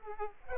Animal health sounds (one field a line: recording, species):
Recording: mosquito wingbeat signal from an infrared sensor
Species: Aedes aegypti